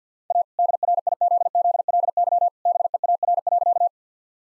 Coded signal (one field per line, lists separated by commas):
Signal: Morse code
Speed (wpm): 50 wpm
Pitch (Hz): 700 Hz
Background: none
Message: A DRIZZLY BEAR.